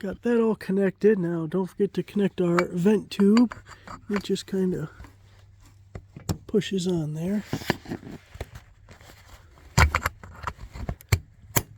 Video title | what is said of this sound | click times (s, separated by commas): How To Easily Install A Cold Air Intake On Your Jeep! | kind of hear it click even though you didn't see it click | 11.1 s